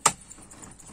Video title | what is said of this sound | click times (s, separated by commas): LA"CLIM"ECOFLOW WAVE "EST ELLE VRAIMENT EFFICACE ??" CAMPING CAR | Là, elle est bien clipsée, là. | 0.1 s